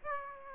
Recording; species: mosquito wingbeat signal from an infrared sensor; Aedes aegypti